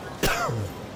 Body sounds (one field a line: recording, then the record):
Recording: coughing mixed with background sound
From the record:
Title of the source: Coughing 51